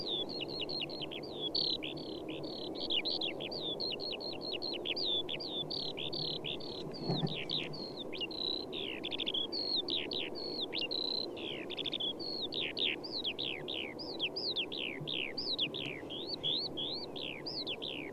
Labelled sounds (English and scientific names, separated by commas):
Eurasian Skylark (Alauda arvensis) flight song